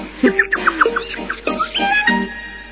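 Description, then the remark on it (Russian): A starling, having hopped onto a window frame out of Mary Poppins' reach, whistles mockingly and chatters: a quick run of bright chirps, then a few sustained, warbling whistle notes, lively and clear with no voices. “Но скворец, отскочив в сторону, перепорхнул на оконную раму и, оказавшись в безопасности, насмешливо свистнул.”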